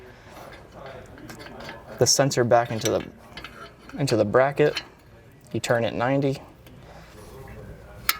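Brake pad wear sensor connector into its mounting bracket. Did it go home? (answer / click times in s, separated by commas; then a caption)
yes / 8.1 s. A plastic brake pad wear sensor connector on an Audi Q5 (MLB Q5/SQ5, 2013–2017) is pushed into its mounting bracket and turned 90 degrees while someone talks. A sharp snap at 8.1 s marks the connector locking into the bracket.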